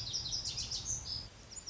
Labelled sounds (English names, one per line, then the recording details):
Lazuli Bunting
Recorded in Sonoma County, California